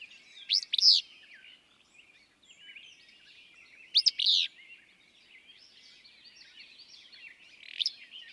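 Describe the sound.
Willow flycatcher song: a sharp, sneezy two-part phrase repeated about every three and a half seconds, with soft chatter of other birds behind.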